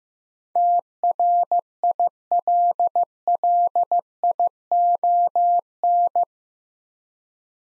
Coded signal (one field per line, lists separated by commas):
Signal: Morse code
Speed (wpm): 15 wpm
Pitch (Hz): 700 Hz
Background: none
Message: TRILLION